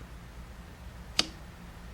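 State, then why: Seated. A solar panel cable plug is pushed into a portable power station's solar input port and its twist-lock knob is turned to pull it in. A single sharp, bright click at 1.2 s is heard over a low steady hum as the plug clicks into place and is seated.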